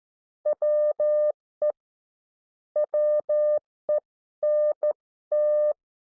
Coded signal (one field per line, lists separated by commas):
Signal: Morse code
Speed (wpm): 12 wpm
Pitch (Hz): 600 Hz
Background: none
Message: WE WENT